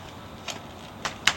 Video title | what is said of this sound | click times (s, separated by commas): HarritonCrewSetup.mov | that you'll feel clicking lock in | 1.3 s